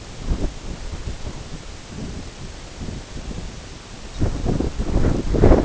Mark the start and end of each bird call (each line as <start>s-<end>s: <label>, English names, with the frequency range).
4.04s-4.32s: Lapland Longspur (3.1-4.8 kHz)